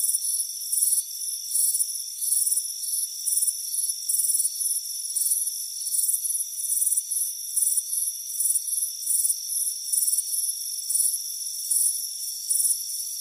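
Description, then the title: Cricket chirps: shrill pulsed bursts repeating rapidly and steadily over a constant high-pitched insect drone. Crickets chirping on a warm afternoon, heard from a front porch. "Soothing Crickets Chirping Sound"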